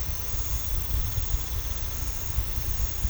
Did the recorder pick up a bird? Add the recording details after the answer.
no. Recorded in pastures near Puerto Asís, Putumayo, Colombia, on 18 December 2024 at 22:30. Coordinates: 0.486, -76.323. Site GP01